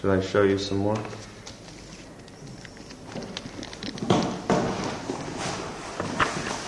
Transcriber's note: sounds of boxes being opened